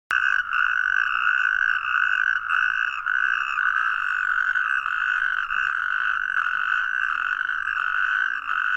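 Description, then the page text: Natterjack toad producing a loud, nearly continuous rattling trill, with little else heard. Garrigue in Hérault, France; species returns to breed from late February to early April in temporary ponds and pools of the garrigue. "william gonzalez. crapaud calamite en garrigue Hérault"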